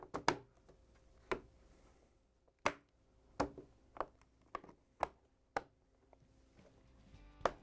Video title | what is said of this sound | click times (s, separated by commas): How To: Samsung French Door Housing DA61-04286A | once you have the bottom in you can just work your way up and snap in the heater | 0.3 s, 2.7 s, 3.4 s, 5.6 s, 7.5 s